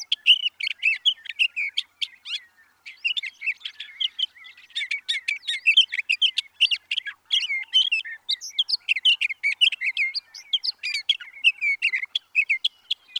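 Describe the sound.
Sage thrasher song, a long, continuous warbling run of rapid varied notes and trills, with a brief pause early on before the stream resumes.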